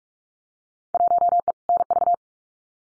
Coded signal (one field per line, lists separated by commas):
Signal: Morse code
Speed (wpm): 44 wpm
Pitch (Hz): 700 Hz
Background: none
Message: 1E NV